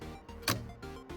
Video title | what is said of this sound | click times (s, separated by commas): FLASHFORGE ADVENTURER 5M PRO 3D PRINTER UNBOXING & REVIEW!!! | And you'll just hear it click and the red tabs kind of moved. | 0.5 s